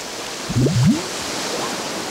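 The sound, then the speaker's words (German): A steady, loud rush of surging sea waves fills the whole stretch, with a brief low warbling tone rising and falling just under a second in. “warf die in ein geteertes Fass, umschmiedete es mit festen Eisenreifen und schleuderte das Fass mit unbändiger Kraft ins dunkelblaue Meer.”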